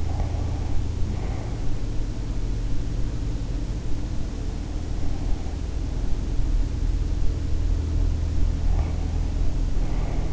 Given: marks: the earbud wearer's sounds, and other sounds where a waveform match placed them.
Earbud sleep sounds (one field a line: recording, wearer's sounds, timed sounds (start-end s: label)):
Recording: sounds in sleep by an in-ear microphone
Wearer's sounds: breath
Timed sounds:
0.00-1.66 s: breath
8.68-10.33 s: breath